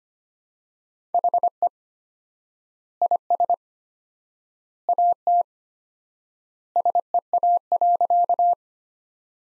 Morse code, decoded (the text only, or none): HE IS AT SEA.